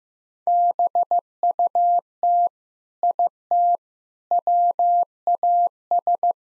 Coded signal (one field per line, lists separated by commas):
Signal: Morse code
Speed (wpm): 15 wpm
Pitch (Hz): 700 Hz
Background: none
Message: BUT IT WAS